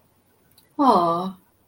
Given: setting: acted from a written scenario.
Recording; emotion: vocal sound without words; adoration